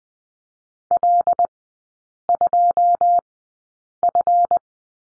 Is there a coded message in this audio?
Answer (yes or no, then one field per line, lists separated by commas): yes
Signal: Morse code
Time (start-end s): 0.9-4.6 s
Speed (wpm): 20 wpm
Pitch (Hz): 700 Hz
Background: none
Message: L2F